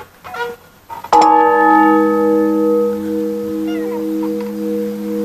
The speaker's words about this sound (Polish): Oczywiście, że tak. Właśnie w przeciwieństwie do swojego słynnego krewnego z Krakowa, ten dzwon codziennie służy wiernym w Starym Bielsku. Niewielka próbka dźwięku, chociaż bardzo cicha.